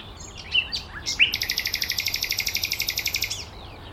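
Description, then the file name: Common nightingale: a few sharp chips, then a long rapid trill of evenly repeated rattling notes lasting about two seconds. "Luscinia megarhynchos"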